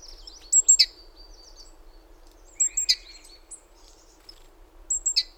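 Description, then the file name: Great tit calling in three clear bursts of high, thin, clipped notes with sharp ticks, about every two seconds, against a soft low rumble. "Parus major"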